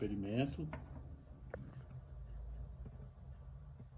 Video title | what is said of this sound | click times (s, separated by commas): Curso gratuito de LUTHIERIA em 17 passos - passo 12 Modelagem do rastilho de osso do violão | experimento. Ainda não encaixa. | none